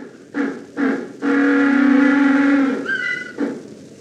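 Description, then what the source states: African penguin braying: two short honks, then a long drawn-out donkey-like bray, ending in a higher note and a last short honk. Loud braying voice gives it the name jackass penguin; islands off South Africa are critical nesting sites.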